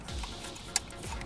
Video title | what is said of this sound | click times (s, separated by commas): 2015-2018 Ford Mustang - GPS Navigation 4" to 8" Factory Sync 3 Apple CarPlay Android Auto Upgrade | hear it snap into place | 0.8 s